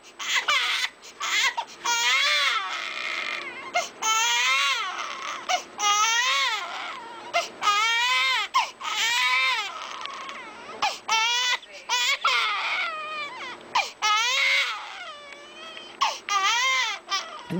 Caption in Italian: Un ulteriore tipo di pianto che è frequente tra la seconda e la terza settimana di vita, quando il bambino è proprio piccolino, il pianto delle cosiddette coliche gassose. Quando ha male alla pancia, muove anche le gambe. Bambino che è inconsolabile, che non smette di piangere. Questo di solito avviene nel tardo pomeriggio, nella prima serata.